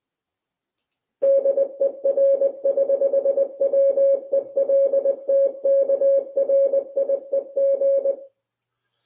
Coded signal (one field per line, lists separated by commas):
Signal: Morse code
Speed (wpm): 20 wpm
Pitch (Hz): 550 Hz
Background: none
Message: DER<HH>WELTKRIEG